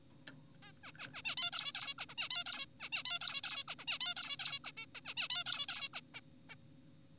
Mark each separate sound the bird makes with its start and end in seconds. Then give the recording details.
0.63-0.72, 0.84-0.92, 0.99-1.07, 1.14-1.22, 1.25-1.36, 1.38-1.51, 1.53-1.72, 1.75-1.94, 1.98-2.06, 2.09-2.15, 2.18-2.29, 2.31-2.44, 2.46-2.66, 2.80-2.89, 2.92-3.03, 3.06-3.19, 3.21-3.41, 3.44-3.64, 3.68-3.75, 3.79-3.85, 3.88-3.98, 4.01-4.14, 4.16-4.36, 4.40-4.59, 4.64-4.71, 4.77-4.86, 4.95-5.01, 5.05-5.14, 5.17-5.28, 5.30-5.44, 5.46-5.66, 5.69-5.89, 5.94-6.01, 6.14-6.20, 6.50-6.55. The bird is an adult. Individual g4p5U